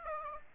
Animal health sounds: mosquito wingbeat signal from an infrared sensor; Aedes aegypti

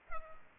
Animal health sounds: mosquito wingbeat signal from an infrared sensor; Culex pipiens

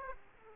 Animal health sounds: mosquito wingbeat signal from an infrared sensor; Aedes aegypti

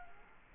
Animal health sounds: mosquito wingbeat signal from an infrared sensor; Culex quinquefasciatus

